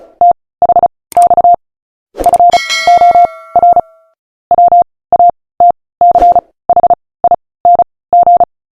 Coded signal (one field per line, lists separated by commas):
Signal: Morse code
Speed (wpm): 36 wpm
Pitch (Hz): 700 Hz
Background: none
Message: THX FOR WATCHING